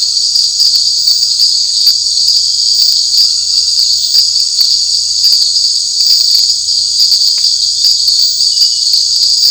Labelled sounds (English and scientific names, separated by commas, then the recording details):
none
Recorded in dense forest near Puerto Asís, Putumayo, Colombia, on 21 March 2025 at 18:30
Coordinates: 0.484, -76.317
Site G064